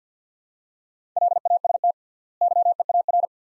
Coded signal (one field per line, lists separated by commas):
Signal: Morse code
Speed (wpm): 50 wpm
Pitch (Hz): 700 Hz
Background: none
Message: LAST YEAR